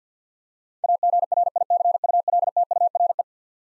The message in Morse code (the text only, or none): AGRICULTURE